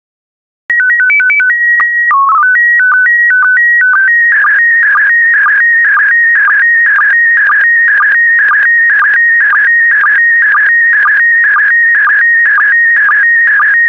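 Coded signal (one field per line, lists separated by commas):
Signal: SSTV (slow-scan television)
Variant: PD 120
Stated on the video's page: PD120 mode SSTV images generated for decoding practice, using stock photos, with synthesized audio prompts.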